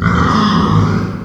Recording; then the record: squeal of a Yucatan mini pig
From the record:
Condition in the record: after surgery on the right vocal fold (resection and tissue-engineered implant); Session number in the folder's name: 15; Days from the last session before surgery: 175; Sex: female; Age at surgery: 19 weeks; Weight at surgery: 25 kg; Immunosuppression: prednisolone